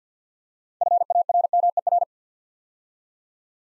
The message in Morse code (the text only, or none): FARMER